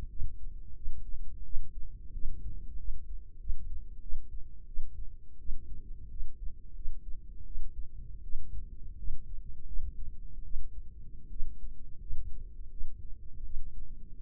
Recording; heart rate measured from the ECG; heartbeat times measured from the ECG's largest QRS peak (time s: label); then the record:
heart sounds by microphone in the right ear; 85 bpm
0.09 s: heartbeat
0.76 s: heartbeat
1.44 s: heartbeat
2.13 s: heartbeat
2.78 s: heartbeat
3.39 s: heartbeat
4.01 s: heartbeat
4.67 s: heartbeat
5.39 s: heartbeat
6.10 s: heartbeat
6.75 s: heartbeat
7.45 s: heartbeat
8.23 s: heartbeat
8.97 s: heartbeat
9.66 s: heartbeat
10.44 s: heartbeat
11.30 s: heartbeat
12.00 s: heartbeat
12.71 s: heartbeat
13.44 s: heartbeat
14.16 s: heartbeat
From the record:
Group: healthy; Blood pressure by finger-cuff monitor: 98/48 mmHg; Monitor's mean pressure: 63 mmHg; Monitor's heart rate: 85 bpm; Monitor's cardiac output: 8.3 L/min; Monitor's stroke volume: 100 mL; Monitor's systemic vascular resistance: 570 dyn s/cm5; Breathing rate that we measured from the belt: 21 breaths a minute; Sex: female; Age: 22 years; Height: 157 cm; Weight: 47.6 kg